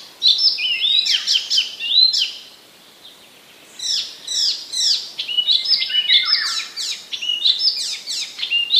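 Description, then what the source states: Icterine warbler giving rich, varied song phrases of sweeping whistles and chattering notes, with a short silent gap partway through. Recorded in 2015.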